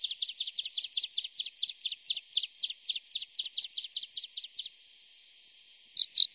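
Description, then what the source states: Lark song: a long, steady run of sharp, high chirped notes lasting over four seconds, then quiet before a couple more notes. Masteran training recording for larks.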